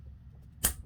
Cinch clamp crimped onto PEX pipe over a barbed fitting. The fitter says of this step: then you squeeze until it clicks